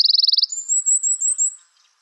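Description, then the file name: Eurasian wren song fragment: a quick high trill followed by a thin, sustained very high whistle. "Troglodytes troglodytes"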